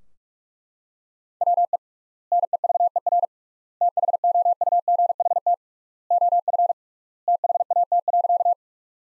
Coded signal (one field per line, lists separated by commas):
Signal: Morse code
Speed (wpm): 41 wpm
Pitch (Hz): 700 Hz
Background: none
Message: WE NEVER THOUGHT OF THAT.